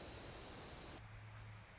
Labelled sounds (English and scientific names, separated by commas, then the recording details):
Orange-crowned Warbler (Leiothlypis celata)
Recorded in Sonoma County, California